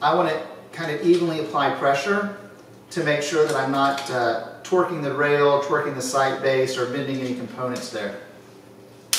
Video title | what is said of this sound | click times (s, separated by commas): ATN X Sight II Mounting to Rifle | you'll hear that clip that means we're 50 inch pound there | 9.1 s